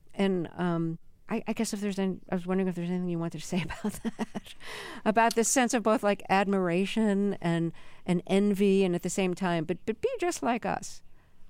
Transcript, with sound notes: And I guess if there's - I was wondering if there's anything you wanted to say about that (laughter) - about this sense of both, like, admiration and envy and at the same time - but be just like us.